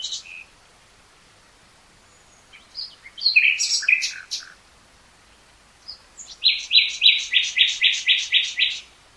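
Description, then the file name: Common nightingale singing a mixed phrase of clicks and chirps, then after a pause a fast, regular series of loud repeated notes. "Luscinia megarhynchos"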